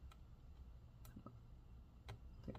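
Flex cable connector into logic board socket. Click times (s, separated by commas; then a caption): 2.5 s, 2.6 s. Inside a 16-inch MacBook Pro A2141, a small flex cable connector is lined up and pressed down onto its logic board socket. A few faint ticks and light handling taps sound early, then two sharp clicks at 2.5 s and 2.6 s as the connector snaps home and seats.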